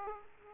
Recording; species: mosquito wingbeat signal from an infrared sensor; Aedes aegypti